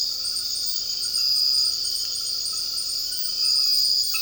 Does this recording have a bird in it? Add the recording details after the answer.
no. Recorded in dense forest near Puerto Asís, Putumayo, Colombia, on 18 February 2024 at 01:00. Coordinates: 0.481, -76.318. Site G6421